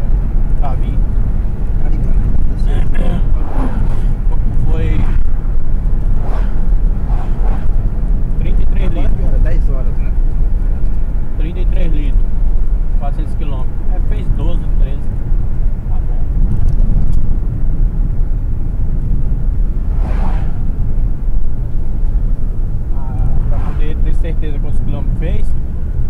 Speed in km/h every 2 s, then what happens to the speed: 86, 84, 82, 82, 81, 81, 80, 76, 73, 69, 66, 66, 68.
0-12 steady at about 82. 12-20 slows to 66. 20-26 steady at about 66.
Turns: none.